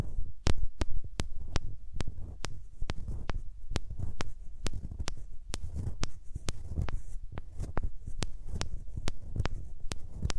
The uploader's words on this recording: ASMR Rubbing Your Ears in My Hands Sensitive, Close Up Triggers (No Talking).